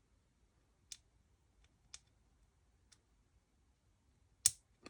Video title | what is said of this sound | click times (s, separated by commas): Iris One.1 driveshaft build | click and it's clicked all the way home | 4.5 s